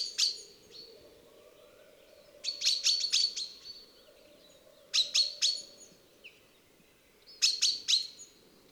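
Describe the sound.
Common chaffinch uttering brisk groups of high, clipped chirps every two to three seconds, with a steady low background noise beneath.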